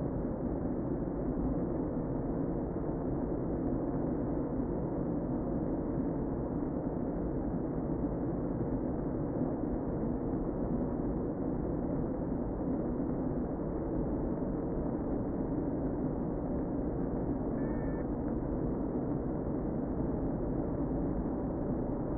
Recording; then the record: honeybee colony, microphone inside the hive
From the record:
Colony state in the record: queen present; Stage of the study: before two queens were removed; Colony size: about 60,000 bees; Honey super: yes